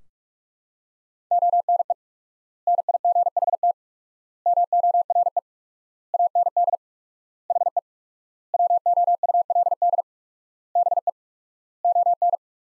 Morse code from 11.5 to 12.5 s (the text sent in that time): ON